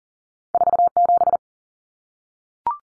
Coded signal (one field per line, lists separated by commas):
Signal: Morse code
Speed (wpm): 40 wpm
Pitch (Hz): 700 Hz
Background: none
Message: 47